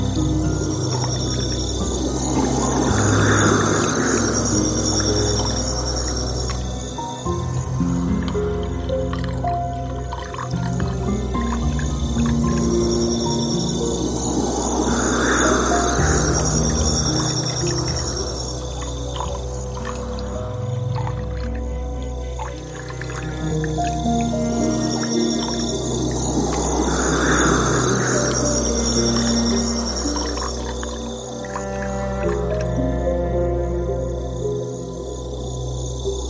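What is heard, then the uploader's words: Soft piano music plays over the steady wash of a gentle water stream, the notes slow and sustained with a low held bass underneath. The water sound stays constant throughout, with a faint high shimmer, while swelling tones rise and fade roughly every twelve seconds. The gentle notes of relaxing piano music harmonize with the soothing sounds of a soft water stream.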